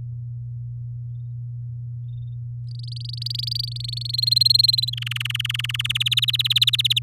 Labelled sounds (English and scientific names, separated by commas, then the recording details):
Domestic Canary (Serinus canaria) song
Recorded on 6 May 2018 at 07:47
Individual llb16